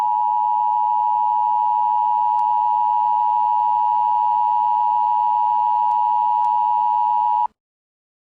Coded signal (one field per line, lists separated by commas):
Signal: Emergency Alert System (SAME) tones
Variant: 853 and 960 Hz attention tone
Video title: EAS Scenario: Nightmare On The New ZomYork